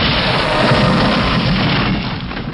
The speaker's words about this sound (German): Unter einer scheppernden Explosion wird das Fallgitter in abertausende Teile zerrissen, als sich ein gewaltiges Ungetüm aus Eisen und Dampf in den Raum zwingt.